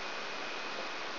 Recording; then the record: brain microelectrode recording played as sound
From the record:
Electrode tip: outside the subthalamic nucleus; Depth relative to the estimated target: 1.5 mm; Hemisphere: right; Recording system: AlphaMap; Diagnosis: Parkinson's disease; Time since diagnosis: 26 years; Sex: female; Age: 68 years